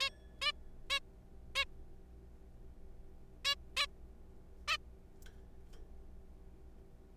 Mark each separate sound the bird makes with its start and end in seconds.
0.01-0.10, 0.42-0.52, 0.90-0.99, 1.56-1.65, 3.45-3.55, 3.77-3.86, 4.68-4.78